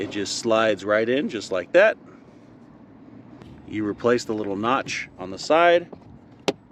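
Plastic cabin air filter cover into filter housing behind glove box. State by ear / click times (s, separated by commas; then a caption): seated / 6.5 s. Someone talks while the plastic cabin air filter access cover is put back over the filter housing behind the glove box of a 2020–2025 Kia Soul, after the filter slides in. The cover's side notch is pressed until it snaps into place with a sharp click at 6.5 s, and the cover is seated.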